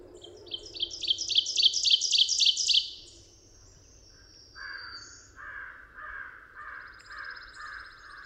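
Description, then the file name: Ovenbird song, a rapid crescendo of repeated emphatic two-part phrases lasting about two and a half seconds, then another bird's lower, evenly repeated notes. Recorded 22 June 2001. "2001-06-22 Ovenbird"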